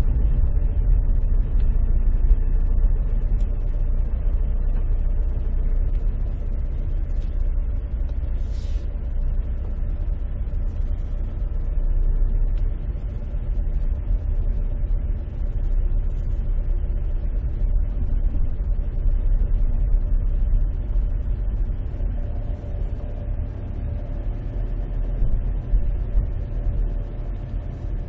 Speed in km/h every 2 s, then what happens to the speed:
7, 7, 6, 0, 3, 6, 7, 8, 7, 7, 9, 9, 1, 10.
0-5 steady at about 7. 5-7 slows to 0. 7-11 pulls away to 7.